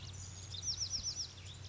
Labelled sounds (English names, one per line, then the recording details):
Bewick's Wren
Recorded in Sonoma County, California